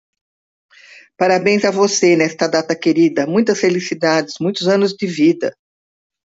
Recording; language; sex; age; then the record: short text; Brazilian Portuguese; female; 60 to 69 years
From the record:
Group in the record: control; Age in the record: 67 years